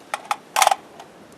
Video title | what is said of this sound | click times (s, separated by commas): (OLD VIDEO-UPDATED/BETTER AVAILABLE!) Knowing the enemies weapons & Battlefield pickups | In at an angle, and then all the way back until it locks in place. | 0.6 s